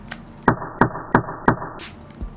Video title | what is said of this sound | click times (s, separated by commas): I BAG AND UNBOX A NINTENDO SWITCH! | here's that satisfying click that you keep everyone hearing talking about it sounds a little bit like this try and make it audible nice | 0.5 s, 0.8 s, 1.1 s, 1.5 s